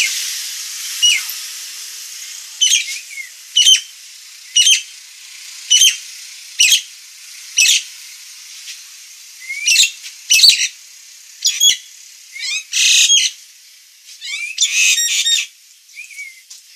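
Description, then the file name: Nias hill myna calling: a regular series of short sharp notes about once a second, then louder harsh bursts and rising whistles, over a steady hiss. Title describes the bird as gacor (singing vigorously and continuously) and its voice as noisy. "Kicau Jalak Nias Gacor Suara Berisik"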